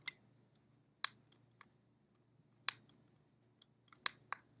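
A tiny captive screw on the back faceplate of a handheld game console is turned counter-clockwise to loosen it. Three sharp clicks ring out at 1.0, 2.7 and 4.1 seconds among fainter ticks of turning. After two to three clicks the screw is released and loose.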